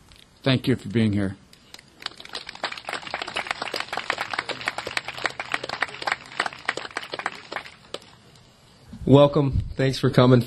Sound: applause